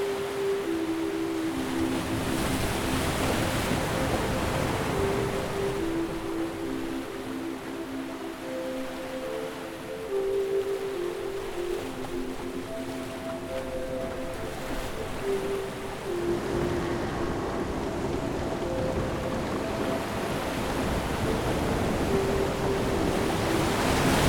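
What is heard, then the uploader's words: Ocean waves wash steadily across the whole stretch, a dense rushing surf that swells a little near the start and again toward the end. Beneath it, low sustained tones drift and overlap, shifting pitch slowly like a foghorn or humming drone. The sounds of the ocean waves, pirate ship and frequency waves.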